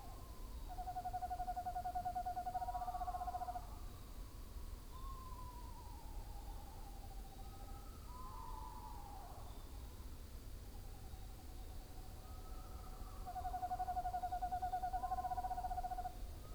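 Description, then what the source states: Several screech owl calls: two long level trills separated by a run of descending whinnies, some overlapping as if more than one owl calls. Several screech owls calling together.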